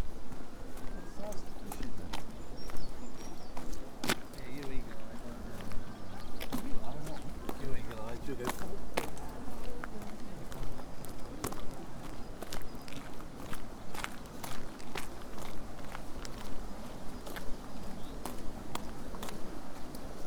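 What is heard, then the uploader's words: Footsteps crunch along a coastal footpath, sharp steps landing every half second or so for the full twenty seconds. Underneath runs a steady low rumble of wind, with faint voices or rustling now and then. Today's walk is from Crackington Haven to Boscastle along the South West Coast Path.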